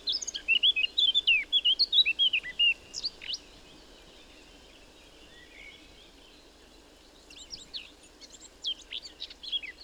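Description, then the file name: Eurasian blackcap song: a fast warbled phrase of varied whistled notes lasting about three seconds, then quiet, and a second, scratchier phrase starting near the end. "Sylvia atricapilla"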